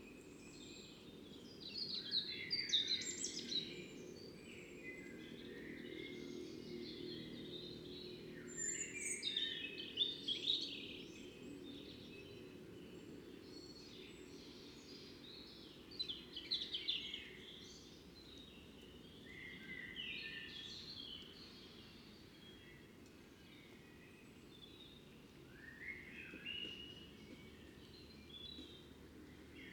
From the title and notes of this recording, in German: Ein Abend vor dem Fuchsbau (Kopfhörerfassung). Dieses Mal war ich mit dem Kunstkopf angerückt.